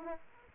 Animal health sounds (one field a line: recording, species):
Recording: mosquito wingbeat signal from an infrared sensor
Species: Aedes aegypti